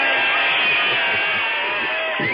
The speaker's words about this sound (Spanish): Un abrazo, un fuerte aplauso.